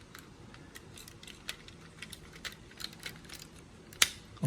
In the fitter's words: you can hear very nice click sound